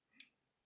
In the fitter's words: just clicks down its place like that